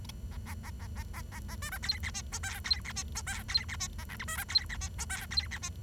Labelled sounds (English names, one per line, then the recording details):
Bengalese Finch song
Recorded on 23 June 2012 at 08:58
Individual gr41rd51